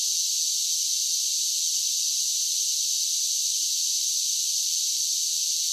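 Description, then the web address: Continuous high-pitched cicada buzzing, a smooth hiss-like drone that stays level throughout. "Blastwave INSECTS Cicadas Sing"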